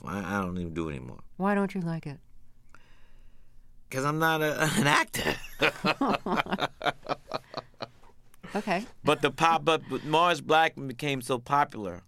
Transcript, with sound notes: I don't even do it anymore.
Why don't you like it?
'Cause I'm not an actor.
(LAUGHTER) OK.
But the pop-up - but Mars Blackmon became so popular